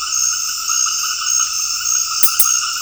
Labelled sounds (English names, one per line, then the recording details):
none
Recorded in dense forest near Puerto Asís, Putumayo, Colombia, on 18 February 2024 at 21:00
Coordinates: 0.485, -76.318
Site G6408